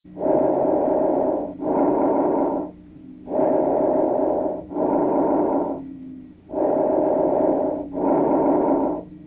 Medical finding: Bronchovesicular.